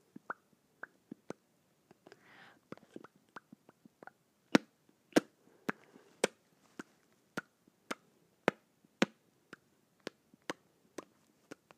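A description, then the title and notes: Lips smack together again and again in short, sharp clicks, at first uneven and then falling into a steady beat of roughly two per second from about four seconds on. The later smacks are louder and crisper. A brief soft rustle or breath sits near two seconds. ASMR Smacking my Lips Together.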